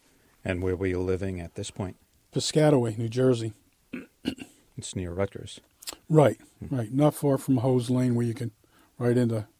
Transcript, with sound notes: And where were you living at this point?
Paskateway, New Jersey (clears throat)
That's near Rutgers.
Right, right, not far from Hoe's Lane, where you can - right into